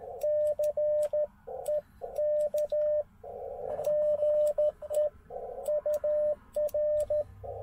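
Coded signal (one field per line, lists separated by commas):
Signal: Morse code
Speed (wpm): 13 wpm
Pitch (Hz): 600 Hz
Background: radio noise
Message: CEK GE UR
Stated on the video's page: Slow QRS CW at 13 WPM during a POTA park activation, offered as Morse practice.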